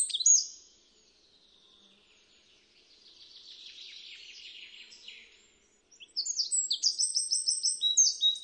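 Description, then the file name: Eurasian wren song: a brief high burst, a softer buzzy stretch, then an energetic high phrase of rapid repeated notes fills the final seconds. "strizlik obecny"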